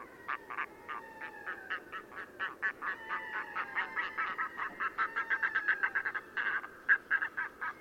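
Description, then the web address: Red-throated loon song: overlapping rhythmic cackling series with some drawn wailing notes. "chant xeno-canto plongeon catmarin"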